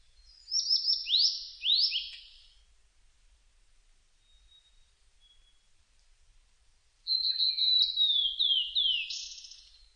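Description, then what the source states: Blue-and-white flycatcher singing two high, sweet whistled phrases of slurred, downward-sliding notes, separated by about four seconds of quiet. Recorded 25 June 2006.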